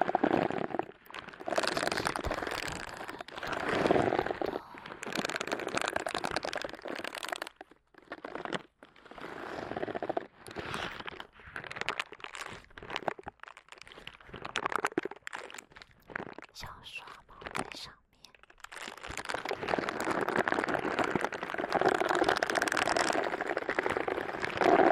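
Gloved hands rub and squeeze over a microphone in an ear massage, making dense crinkling, rustling friction. The rubbing comes in uneven bursts, with brief silent gaps around eight and eighteen seconds, then settles into a steadier, fuller stretch toward the end.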